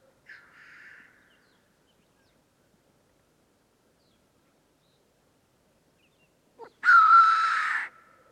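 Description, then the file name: Black grouse hissing call: a soft short hiss at the start, then a long pause before a loud, rasping whoosh near the end. "Digiffects Sound Effects Library - Black Grouse Bird"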